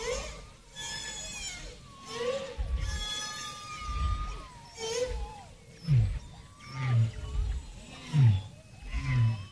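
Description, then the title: Whale song: low groaning moans alternate with higher wavering whistled sweeps and rising and falling cries, repeated several times. Whale sounds used as greetings on the Voyager I and II records, placed after the UN greetings. "Sonidos Voyager. UN Greetings. Whale Greetings"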